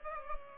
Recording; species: mosquito wingbeat signal from an infrared sensor; Culex pipiens